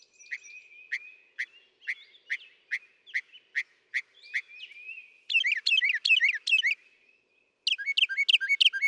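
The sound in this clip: Northern mockingbird song: evenly spaced sharp notes, then a jumble of fast twittering phrases and a repeated whistled figure.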